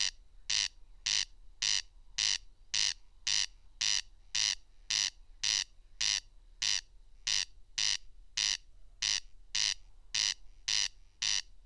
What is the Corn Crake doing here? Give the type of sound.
song